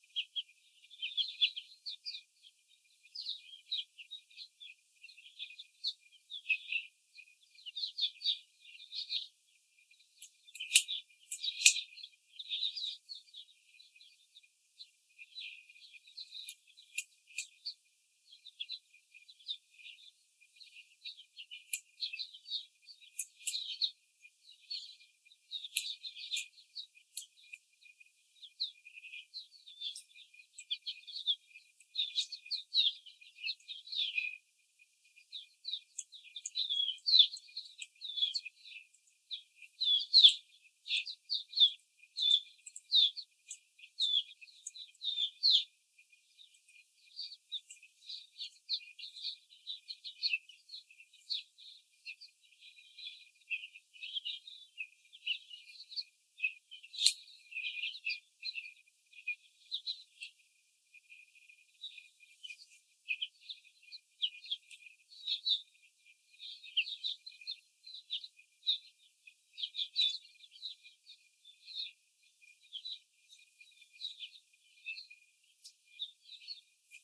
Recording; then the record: young laying hens in a cage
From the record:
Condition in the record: before the stressor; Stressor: simulated dog barking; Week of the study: 4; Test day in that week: 3